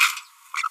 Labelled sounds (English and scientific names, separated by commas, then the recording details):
Green-rumped Parrotlet (Forpus passerinus) babbling
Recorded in a nest box in Venezuela
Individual 18B25A3